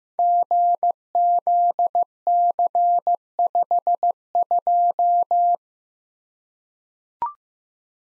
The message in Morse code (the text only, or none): GZC52